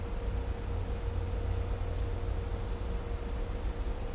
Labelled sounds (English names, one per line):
none